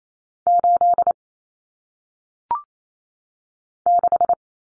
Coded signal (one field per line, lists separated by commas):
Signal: Morse code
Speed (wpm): 28 wpm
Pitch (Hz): 700 Hz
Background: none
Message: 8 6